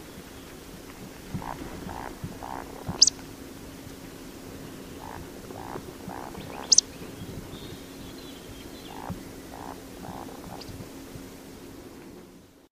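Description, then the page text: Eurasian woodcock giving soft low croaking grunts in short series, each followed by a sharp, very high squeaky note; the pattern repeats about three times over steady faint background hiss. "Matthias Feuersenger - Вальдшнеп (Scolopax rusticola)"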